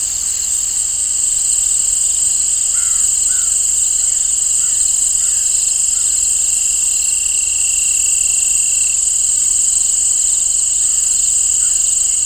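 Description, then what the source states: Crickets chirping, a dense continuous high-pitched trill throughout, with a few faint bird calls in the background. Crickets and birds in an open field, nature ambience.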